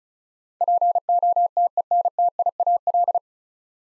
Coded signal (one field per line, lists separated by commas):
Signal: Morse code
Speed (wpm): 36 wpm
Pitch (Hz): 700 Hz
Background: none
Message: POTENTIAL